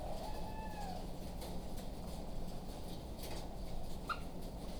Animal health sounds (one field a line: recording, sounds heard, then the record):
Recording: poultry house recording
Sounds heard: sick chickens (respiratory disease)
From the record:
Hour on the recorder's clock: 21